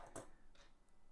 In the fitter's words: I'll pop that on there. Nice click.